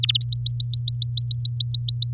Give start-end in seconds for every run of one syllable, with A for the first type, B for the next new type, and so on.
0.03-0.17 A, 0.21-2.13 B